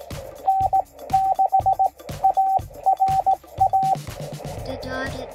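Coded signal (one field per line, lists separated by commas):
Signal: Morse code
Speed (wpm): 18 wpm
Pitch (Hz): 770 Hz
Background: speech, music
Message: N6ARA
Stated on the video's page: Summits on the Air activation using 100W and Morse code, including a summit-to-summit contact.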